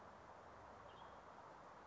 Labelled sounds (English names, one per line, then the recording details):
Western Tanager
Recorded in Sonoma County, California